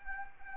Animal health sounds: mosquito wingbeat signal from an infrared sensor; Anopheles arabiensis

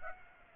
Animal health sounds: mosquito wingbeat signal from an infrared sensor; Aedes aegypti

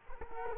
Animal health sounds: mosquito wingbeat signal from an infrared sensor; Culex quinquefasciatus

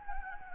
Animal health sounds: mosquito wingbeat signal from an infrared sensor; Anopheles gambiae

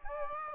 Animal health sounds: mosquito wingbeat signal from an infrared sensor; Aedes aegypti

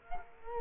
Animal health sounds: mosquito wingbeat signal from an infrared sensor; Culex quinquefasciatus

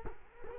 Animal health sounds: mosquito wingbeat signal from an infrared sensor; Culex quinquefasciatus

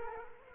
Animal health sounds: mosquito wingbeat signal from an infrared sensor; Culex quinquefasciatus

